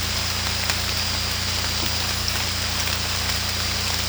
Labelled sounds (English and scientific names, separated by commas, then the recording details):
none
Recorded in secondary vegetation near Puerto Asís, Putumayo, Colombia, on 18 December 2024 at 23:30
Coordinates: 0.485, -76.322
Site GP08